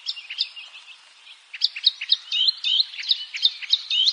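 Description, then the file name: Eurasian blackcap: soft scratchy twitters give way to a brighter, quicker warble of sharp chirps and slurred whistles. "Sylvia atricapilla"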